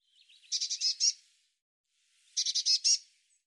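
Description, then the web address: Bird giving two rapid series of rasping high notes, separated by a pause of over a second, with a faint lower lead-in before the first. "cianscape birddata Deverinetal 2025 File cleaned normalized Bird Cy Ca"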